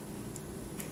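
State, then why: Seated. A microSD memory card is slid into the card slot of a GoPro 10 Black action camera and pushed until it latches. Two short, bright clicks sound at 0.4 s and 0.8 s over a steady low background hum. The card is seated in the slot.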